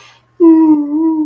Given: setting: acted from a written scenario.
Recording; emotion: vocal sound without words; guilt